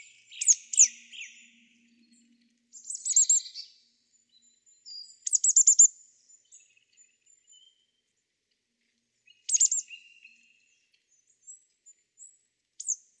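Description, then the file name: Marsh Tit calls: bursts of high sharp notes and buzzy chatters, then single thin notes spaced widely near the end. "Poecile palustris"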